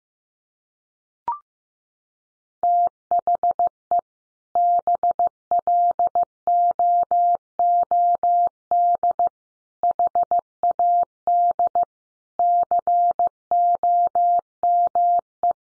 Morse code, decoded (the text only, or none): THE BLOOD HAD COME